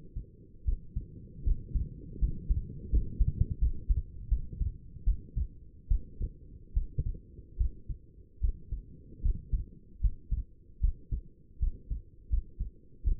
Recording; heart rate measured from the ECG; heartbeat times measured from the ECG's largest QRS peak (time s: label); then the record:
heart sounds by stethoscope; 78 bpm
0.65 s: heartbeat
1.44 s: heartbeat
2.19 s: heartbeat
2.90 s: heartbeat
3.59 s: heartbeat
4.29 s: heartbeat
5.05 s: heartbeat
5.89 s: heartbeat
6.74 s: heartbeat
7.58 s: heartbeat
8.41 s: heartbeat
9.22 s: heartbeat
10.01 s: heartbeat
10.81 s: heartbeat
11.60 s: heartbeat
12.30 s: heartbeat
13.04 s: heartbeat
From the record:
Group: healthy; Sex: female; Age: 37 years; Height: 168 cm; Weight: 70 kg